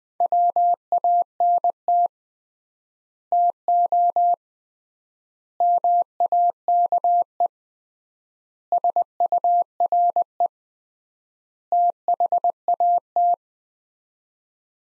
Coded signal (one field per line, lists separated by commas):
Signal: Morse code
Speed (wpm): 20 wpm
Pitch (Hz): 700 Hz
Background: none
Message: WANT TO MAKE SURE THAT